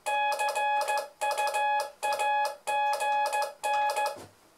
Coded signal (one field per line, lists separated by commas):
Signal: Morse code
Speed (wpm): 15 wpm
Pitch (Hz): 840 Hz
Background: none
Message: CUAGN